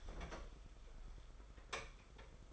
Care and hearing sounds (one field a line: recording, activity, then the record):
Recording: daily activity, microphone in the room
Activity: open fridge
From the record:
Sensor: 5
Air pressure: 991.1 hPa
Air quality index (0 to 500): 111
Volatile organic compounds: 27 ppm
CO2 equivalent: 2896 ppm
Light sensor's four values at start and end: 33/92/37/40 and 33/93/37/40